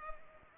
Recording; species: mosquito wingbeat signal from an infrared sensor; Culex pipiens